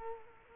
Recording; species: mosquito wingbeat signal from an infrared sensor; Culex quinquefasciatus